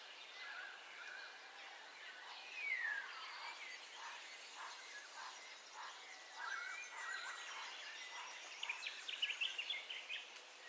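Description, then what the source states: Birds calling: a stream of short repeated chirps and thin whistles, with a sharper twittering burst near the end, over steady background noise. Dawn ambience with bird calls, stereo.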